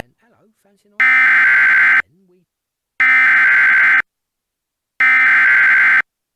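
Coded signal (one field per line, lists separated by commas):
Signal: Emergency Alert System (SAME) tones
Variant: header bursts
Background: speech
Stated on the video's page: Mock EAS tornado warning, not a real broadcast; tones may or may not be valid.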